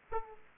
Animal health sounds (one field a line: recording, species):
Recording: mosquito wingbeat signal from an infrared sensor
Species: Aedes aegypti